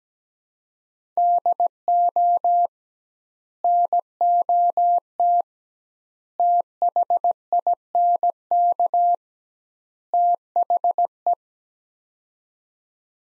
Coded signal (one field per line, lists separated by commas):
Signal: Morse code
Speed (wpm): 17 wpm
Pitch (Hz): 700 Hz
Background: none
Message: DO NOT THINK THE